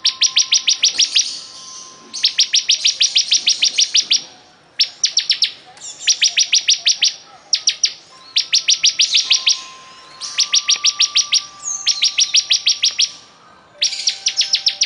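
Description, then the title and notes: Bar-winged prinia song: repeated bursts of rapid high piercing notes separated by short pauses, with a faint steady low tone in places. Singing vigorously ('gacor'). "Suara Burung Ciblek Gacor"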